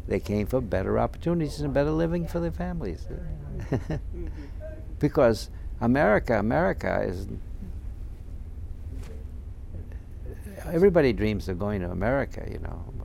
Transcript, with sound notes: They came for better opportunities and better living for their families. ( he laughs ) Because America, America is, everybody dreams of going to America, you know.